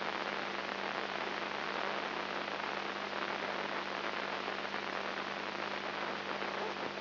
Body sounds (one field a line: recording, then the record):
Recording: brain microelectrode recording played as sound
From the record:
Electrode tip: inside the subthalamic nucleus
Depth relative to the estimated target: 0.5 mm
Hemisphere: left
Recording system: AlphaMap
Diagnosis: Parkinson's disease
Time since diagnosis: 7 years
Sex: female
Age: 55 years